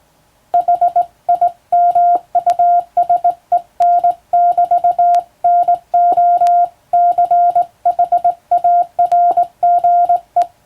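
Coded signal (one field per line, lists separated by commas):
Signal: Morse code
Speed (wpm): 20 wpm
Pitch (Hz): 700 Hz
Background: none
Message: HIMUSEN<BT>NO CHARGE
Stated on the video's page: Morse practice sent by hand on a telegraph key by a first-class radiotelegraph operator, using a practice book for telegram sending.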